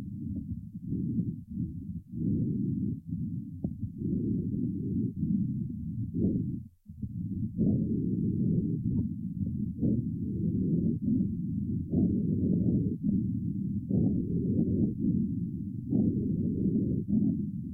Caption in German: Stimulation der Atmung mit einem Analeptikum nimmt die Lautstärke der Atemgeräusche erheblich zu. Ein- und Ausatmungsgeräusche sind deutlich hörbar und bei einem gesunden Pferd, wie im folgenden Beispiel, frei von Nebengeräuschen.